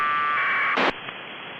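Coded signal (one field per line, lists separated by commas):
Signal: packet radio (AX.25, as in APRS)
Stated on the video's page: 20 meter amateur radio operation on a Flex radio.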